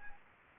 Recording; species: mosquito wingbeat signal from an infrared sensor; Anopheles gambiae